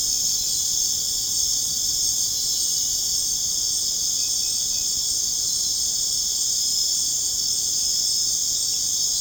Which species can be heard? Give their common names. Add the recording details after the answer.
none. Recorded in dense forest near Puerto Asís, Putumayo, Colombia, on 22 June 2025 at 19:30. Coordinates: 0.486, -76.317. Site G065